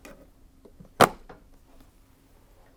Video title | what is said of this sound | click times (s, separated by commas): Pressure Washer Pump Failed? Do THIS Karcher Pump Change | Remember to align the flat sides so that they can lock into place. | 1.0 s